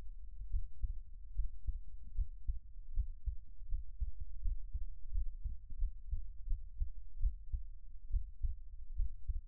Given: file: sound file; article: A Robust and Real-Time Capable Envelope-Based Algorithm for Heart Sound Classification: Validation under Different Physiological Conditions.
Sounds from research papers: heart sounds by electronic stethoscope; rest; normal; lying on stomach; Erb’s point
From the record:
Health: healthy, no known heart disease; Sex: male

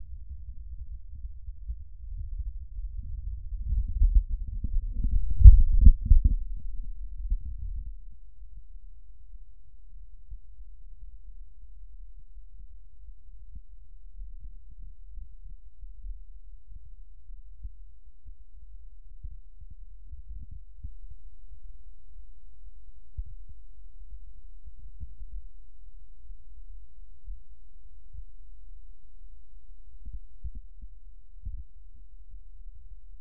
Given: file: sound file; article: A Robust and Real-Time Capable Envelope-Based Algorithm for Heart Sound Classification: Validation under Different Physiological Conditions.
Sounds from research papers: heart sounds by electronic stethoscope; rest; normal; sitting; left side of the back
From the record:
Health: healthy, no known heart disease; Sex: male

